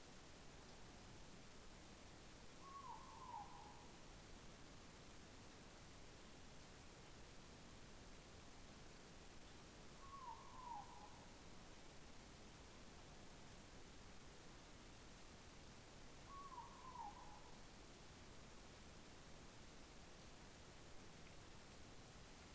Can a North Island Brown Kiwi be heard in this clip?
no